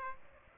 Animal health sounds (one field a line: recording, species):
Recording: mosquito wingbeat signal from an infrared sensor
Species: Aedes aegypti